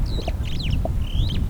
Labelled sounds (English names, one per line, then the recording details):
Superb Starling flight call
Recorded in Kenya